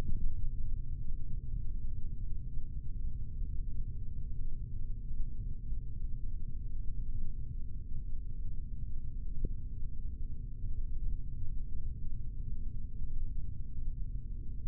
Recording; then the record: forearm muscle sounds (acoustic myography)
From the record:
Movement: rest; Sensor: system 3, bracelet of six PUI Audio POM-2738L microphones around the upper forearm, with dedicated amplification and filtering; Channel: 2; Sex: male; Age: 26 years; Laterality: right